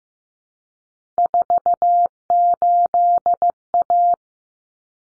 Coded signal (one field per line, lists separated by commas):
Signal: Morse code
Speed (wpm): 15 wpm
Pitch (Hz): 700 Hz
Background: none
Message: 48A